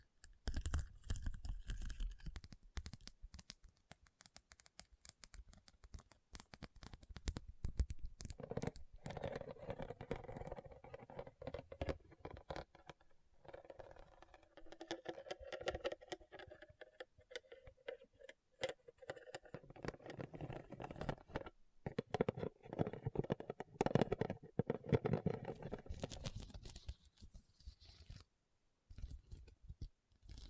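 Rhinestones are tapped and scratched in quick, uneven bursts of tiny clicks and scrapes that run almost without pause for the full thirty seconds. The sound is bright and crisp, with a fuller, rougher scratching stretch from about eight to twenty-seven seconds and brief silent gaps near twenty-two and twenty-eight seconds.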